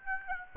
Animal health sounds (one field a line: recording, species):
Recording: mosquito wingbeat signal from an infrared sensor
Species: Aedes aegypti